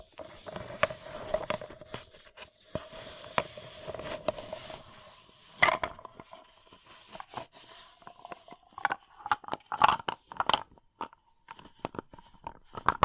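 Fingers scratch and tap a paper cup, a soft ringing hum beneath dense crinkling that thins into sparser, sharper taps after six seconds.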